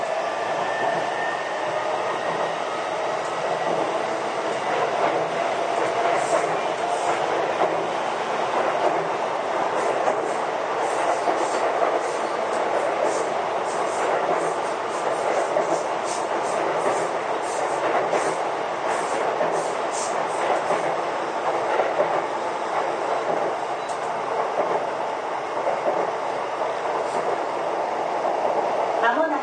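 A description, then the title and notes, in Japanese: Recorded from inside a commuter train in motion, with a steady, dense rumble and hiss that hardly changes over the half-minute. Light rattles and quick clicks from the wheels and carriage come through often, thickest through the middle, and a faint whine sits high early on. 相鉄20000系 横浜ー湘南台。快速に乗車し、録音。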